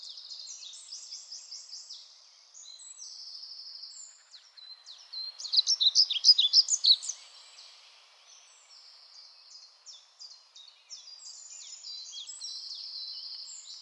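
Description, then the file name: European pied flycatcher singing high, bright phrases of quick repeated notes, with a louder rattling flourish near the middle and thinner trilled strands before and after. "GOBEMOUCHE NOIR"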